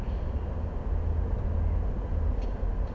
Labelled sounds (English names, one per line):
Mallard